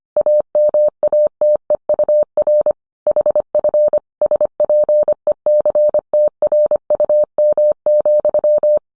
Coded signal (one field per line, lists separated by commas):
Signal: Morse code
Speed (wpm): 25 wpm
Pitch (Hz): 600 Hz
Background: none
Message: AMATEUR HF SPECTRUM,